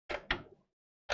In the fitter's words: And it did a nice solid click without me having to wiggle and jiggle and, you know, really kind of force it in.